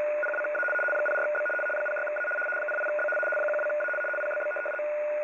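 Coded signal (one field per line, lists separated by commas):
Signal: RTTY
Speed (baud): 75 baud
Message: PWA 04B 06A 08B 12A PBB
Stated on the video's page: Navy RTTY from Den Helder, Netherlands, 75 baud, 850 Hz shift.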